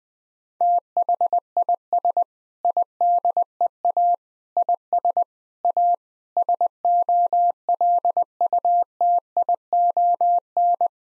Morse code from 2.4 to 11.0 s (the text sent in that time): IDEA IS A SOLUTION